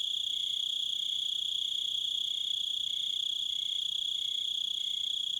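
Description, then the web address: Crickets: a continuous shrill high ringing with a lower pulsed chirp repeated at a steady rate throughout. "Dan Gibson Echoes of Nature. American Wilds. Crickets Wolves"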